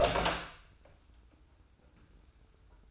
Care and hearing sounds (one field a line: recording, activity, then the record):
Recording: daily activity, microphone in the room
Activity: open door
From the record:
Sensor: 2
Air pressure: 990.3 hPa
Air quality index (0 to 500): 182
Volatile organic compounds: 1000 ppm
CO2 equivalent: 5784 ppm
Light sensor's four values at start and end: 35/81/33/33 and 35/81/33/33